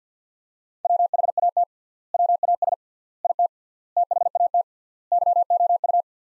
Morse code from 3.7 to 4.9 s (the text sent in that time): THAT